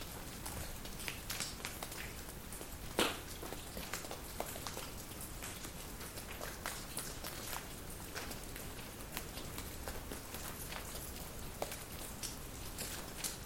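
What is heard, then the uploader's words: Water drips steadily off the walls in a damp, enclosed space. Scattered sharp drip clicks fall irregularly over a soft, constant hiss, with one louder splash near the three-second mark. The drops sound bright against a low, quiet background. Central Norway - Hole In The Ground. A recording I made by leaving my Sony D100 at a big hole in the ground in Central Norway. Water dripping off the walls creates a cave-like moist ambience.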